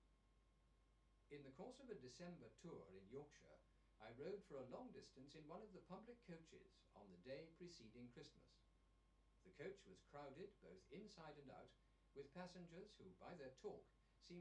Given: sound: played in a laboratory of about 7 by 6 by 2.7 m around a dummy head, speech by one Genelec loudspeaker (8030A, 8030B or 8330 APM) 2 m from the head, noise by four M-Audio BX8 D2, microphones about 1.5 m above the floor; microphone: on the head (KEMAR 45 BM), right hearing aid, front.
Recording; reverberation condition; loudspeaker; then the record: male speech in English; low; 30 degrees to the left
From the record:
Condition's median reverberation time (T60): about 310 ms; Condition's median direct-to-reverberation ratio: about 3.5 dB